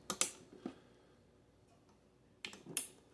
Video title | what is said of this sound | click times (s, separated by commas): Did I throw away $60, or will this damaged MSI Pro Z690-A D4 boot up? Installing CPU, Memory, SSD | clockwise or counterclockwise i'm going diagonal snapped them all in | 0.1 s, 0.2 s, 2.4 s, 2.8 s